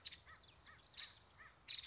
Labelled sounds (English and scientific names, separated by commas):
Nuttall's Woodpecker (Dryobates nuttallii)